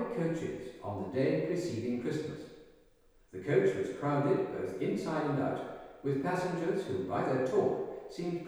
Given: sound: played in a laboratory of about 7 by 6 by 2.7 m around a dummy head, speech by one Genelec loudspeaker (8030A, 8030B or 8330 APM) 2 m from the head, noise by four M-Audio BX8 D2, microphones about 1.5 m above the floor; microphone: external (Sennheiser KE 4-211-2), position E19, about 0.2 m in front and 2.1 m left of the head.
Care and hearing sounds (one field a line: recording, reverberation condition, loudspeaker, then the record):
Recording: male speech in English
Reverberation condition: high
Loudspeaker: in front (0 degrees)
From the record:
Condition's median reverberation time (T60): about 1300 ms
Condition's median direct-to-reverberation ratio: about -4.0 dB